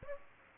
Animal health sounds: mosquito wingbeat signal from an infrared sensor; Aedes aegypti

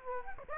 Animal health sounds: mosquito wingbeat signal from an infrared sensor; Aedes aegypti

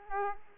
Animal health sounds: mosquito wingbeat signal from an infrared sensor; Aedes aegypti

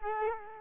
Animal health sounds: mosquito wingbeat signal from an infrared sensor; Culex quinquefasciatus

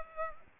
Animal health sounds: mosquito wingbeat signal from an infrared sensor; Culex pipiens

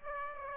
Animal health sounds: mosquito wingbeat signal from an infrared sensor; Aedes aegypti

